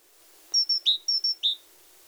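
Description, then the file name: Great tit singing two quick phrases of clear whistles, each two high even notes followed by a lower slurred note, in a quiet background. "Parus major"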